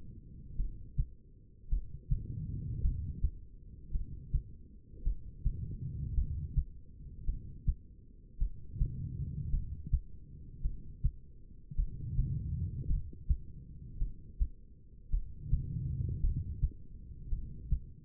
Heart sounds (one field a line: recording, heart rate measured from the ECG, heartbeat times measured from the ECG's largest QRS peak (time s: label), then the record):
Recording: heart sounds by stethoscope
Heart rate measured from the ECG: 54 bpm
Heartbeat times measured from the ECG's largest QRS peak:
0.56 s: heartbeat
1.69 s: heartbeat
2.81 s: heartbeat
3.91 s: heartbeat
5.03 s: heartbeat
6.15 s: heartbeat
7.25 s: heartbeat
8.38 s: heartbeat
9.50 s: heartbeat
10.62 s: heartbeat
11.76 s: heartbeat
12.87 s: heartbeat
13.98 s: heartbeat
15.10 s: heartbeat
16.21 s: heartbeat
17.29 s: heartbeat
From the record:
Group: heart failure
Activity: rest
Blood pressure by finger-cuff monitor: 87/59 mmHg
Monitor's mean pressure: 68 mmHg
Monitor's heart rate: 54 bpm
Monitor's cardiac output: 2.6 L/min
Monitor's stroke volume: 49 mL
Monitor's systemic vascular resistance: 1820 dyn s/cm5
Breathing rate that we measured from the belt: 18 breaths a minute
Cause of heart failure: non-ischemic cardiomyopathy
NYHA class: 1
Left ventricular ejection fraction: 52%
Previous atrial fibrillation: present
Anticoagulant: apixaban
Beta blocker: bisoprolol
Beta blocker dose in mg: 10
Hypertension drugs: sacubitril-valsartan, spironolactone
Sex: female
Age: 68 years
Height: 169 cm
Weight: 71 kg